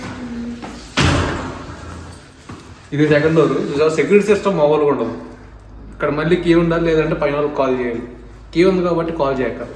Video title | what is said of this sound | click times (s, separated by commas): Supermarket In Paris - Where I Buy Daily Essentials - Telugu Vlog - French Market | so auto lock అయిపోతుంది close అయిన వెంటనే. | 1.0 s